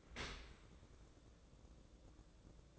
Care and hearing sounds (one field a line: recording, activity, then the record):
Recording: daily activity, microphone in the room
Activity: open dishwasher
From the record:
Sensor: 3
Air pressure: 1012.3 hPa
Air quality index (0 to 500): 155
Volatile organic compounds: 2 ppm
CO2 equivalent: 1193 ppm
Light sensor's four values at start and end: 447/1097/450/438 and 442/1084/444/432